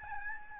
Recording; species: mosquito wingbeat signal from an infrared sensor; Aedes albopictus